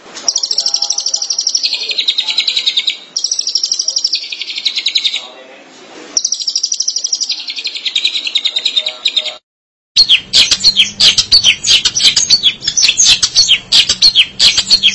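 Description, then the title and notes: Long-tailed Shrike song: harsh, grating chattering phrases in long bursts, a brief pause, then a rougher, scratchy run of jumbled notes. Recorded March 2017. "Pentet 201703. Suara burung pentet"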